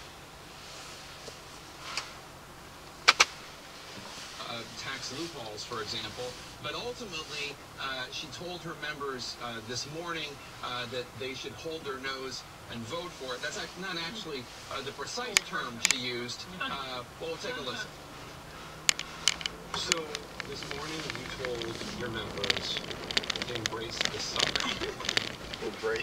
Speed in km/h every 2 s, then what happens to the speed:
0, 0, 2, 6, 6, 3, 6, 6, 10, 11, 16, 19, 15.
0-4 standing. 4-15 steady at about 6. 15-21 speeds up to 19.